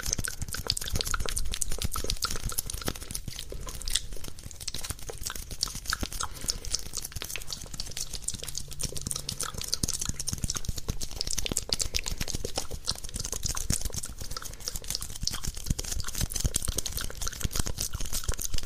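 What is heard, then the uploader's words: Gum chewing with sticky tapping and mouth sounds fills the whole stretch, a dense run of quick wet clicks and smacks with no pauses. The crackly, moist texture stays bright and even throughout, with small crunchy bursts scattered among the rapid taps. Sticky Tapping and Mouth Sounds, Gum Chewing.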